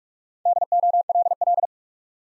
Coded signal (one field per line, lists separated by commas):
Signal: Morse code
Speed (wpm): 44 wpm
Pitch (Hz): 700 Hz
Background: none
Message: DOLL